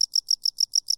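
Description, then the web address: Cricket giving quick, evenly spaced high-pitched chirps, roughly eight in just over a second, clean and unbroken. A single cricket. "lynne-publishing Single Cricket"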